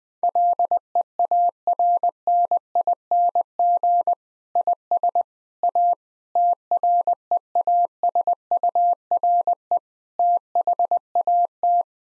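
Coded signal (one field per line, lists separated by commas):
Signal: Morse code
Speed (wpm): 19 wpm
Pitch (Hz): 700 Hz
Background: none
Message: LEARNING IS A TREASURE THAT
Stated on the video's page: Morse copy practice of difficult sentences with contextual hints at 20 wpm, each sentence sent in Morse code.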